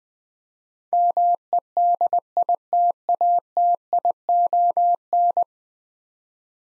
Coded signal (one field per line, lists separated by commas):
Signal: Morse code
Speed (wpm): 20 wpm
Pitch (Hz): 700 Hz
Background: none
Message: MEDITATION